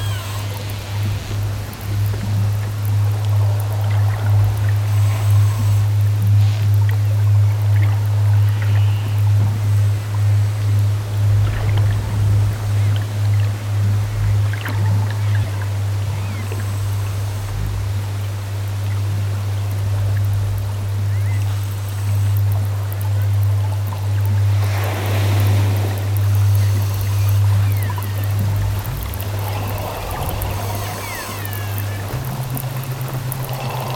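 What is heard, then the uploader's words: Nature recording dominated by a steady, low motor drone, like a boat engine, running the whole time with slight pulsing. A brief rushing swell comes around 25 seconds, with watery wash beneath, and the engine's pitch steps up near the end. Nature.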